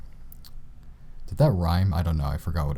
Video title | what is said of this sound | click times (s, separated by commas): The Poetic Revolution Case for the Moto G4/G4 Plus. | and just snap any loose ends into place there we go | 0.3 s, 0.5 s